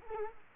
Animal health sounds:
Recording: mosquito wingbeat signal from an infrared sensor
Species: Culex quinquefasciatus

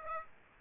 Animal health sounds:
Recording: mosquito wingbeat signal from an infrared sensor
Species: Aedes aegypti

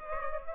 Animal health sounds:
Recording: mosquito wingbeat signal from an infrared sensor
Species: Culex pipiens

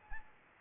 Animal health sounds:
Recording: mosquito wingbeat signal from an infrared sensor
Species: Anopheles arabiensis

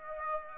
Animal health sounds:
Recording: mosquito wingbeat signal from an infrared sensor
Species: Aedes aegypti

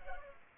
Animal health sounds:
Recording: mosquito wingbeat signal from an infrared sensor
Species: Culex pipiens

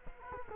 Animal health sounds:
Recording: mosquito wingbeat signal from an infrared sensor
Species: Culex quinquefasciatus

